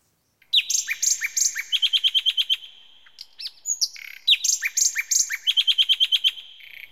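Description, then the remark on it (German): A small bird in a garden sings two bright, high phrases, each opening with a few sweeping notes and ending in a fast, even trill of rapid chirps, with a short pause between them. “Dieser kleine Vogel singt so schön.”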